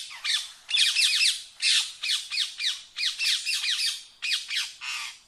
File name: Canto do periquito indiano